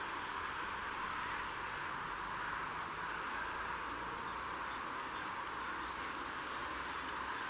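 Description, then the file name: Eurasian blue tit giving two quick bursts of piercing high notes that slide down into a short lower trill, separated by a pause, over soft constant background noise. "Cyanistes caeruleus"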